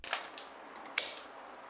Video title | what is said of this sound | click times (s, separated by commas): How to Install the Nephros S100 Low-Profile Sink Adapter Kit | and pushing the filter into the QC connector until it makes an audible click. | 1.0 s